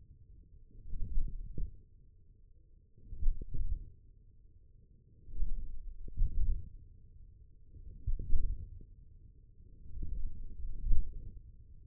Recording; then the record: forearm muscle sounds (acoustic myography)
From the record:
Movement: wrist flexion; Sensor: system 1, eight BSWA MPA416 microphones around the upper forearm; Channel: 3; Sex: male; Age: 28 years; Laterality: right